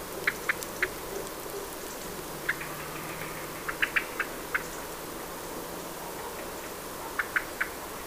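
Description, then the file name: Common blackbird calling with clipped, hard tick notes in small irregular clusters, separated by pauses of one to three seconds. "Turdus merula"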